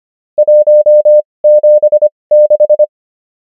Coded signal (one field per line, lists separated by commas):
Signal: Morse code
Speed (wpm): 25 wpm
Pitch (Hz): 600 Hz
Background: none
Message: 176